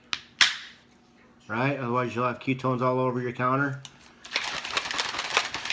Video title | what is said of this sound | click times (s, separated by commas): Pruvit Ketones | like I said last video this thing right here make sure you hear the click alright | 0.1 s, 0.4 s